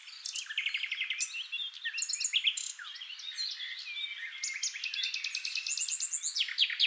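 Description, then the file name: Common nightingale singing continuously: quick repeated chirps, rattling trills and sharp high notes running together throughout. "NIGHTINGALE MIX"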